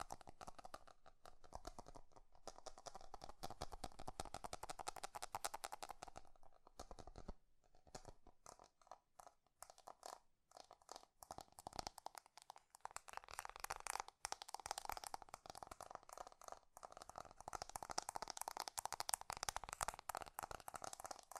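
Fast tapping runs almost nonstop, a dense stream of crisp clicks with a crunchy, crinkly edge and a ringing midrange tone. The rhythm briefly thins or stops around seven, ten and fourteen seconds before resuming just as quickly.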